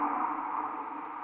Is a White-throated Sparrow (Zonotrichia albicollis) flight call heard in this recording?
no